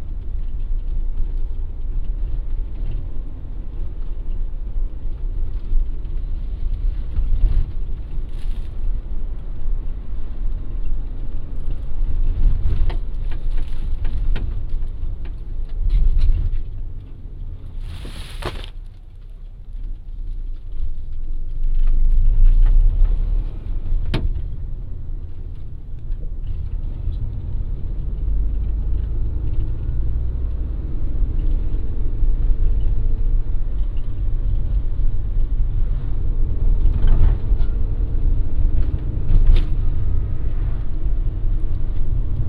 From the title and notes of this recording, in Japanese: 環境音 直売所へ店出し。直売所へクルマで向かう。クルマの運転時間長め。